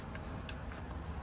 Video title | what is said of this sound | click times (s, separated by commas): DIY 2009 2010 2011 2012 2013 2014 2015 Honda Pilot or Odyssey Replacing Spark Plugs | hear them make sure you hear that click | 0.5 s